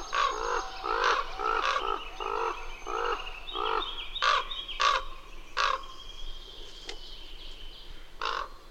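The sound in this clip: Bird calling in a quick run of harsh, nasal notes, then sharper separate calls with longer gaps, faint high whistles behind.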